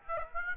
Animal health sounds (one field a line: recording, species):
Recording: mosquito wingbeat signal from an infrared sensor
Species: Aedes aegypti